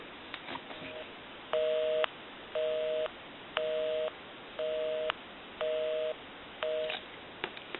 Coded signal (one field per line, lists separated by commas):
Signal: telephone call progress tone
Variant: North America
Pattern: busy tone